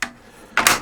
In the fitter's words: click right into place like this